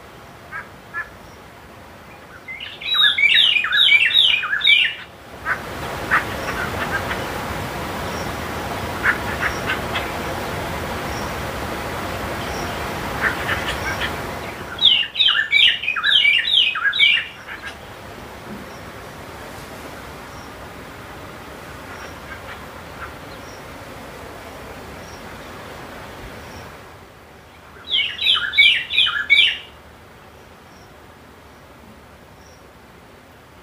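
Birds call in three short bursts of rapid, bright chattering notes, around 3, 15 and 28 seconds, each lasting two or three seconds. Between them runs a steady hiss with faint scattered chirps, louder from about 5 to 15 seconds than later on.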